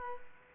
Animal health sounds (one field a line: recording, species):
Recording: mosquito wingbeat signal from an infrared sensor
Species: Aedes aegypti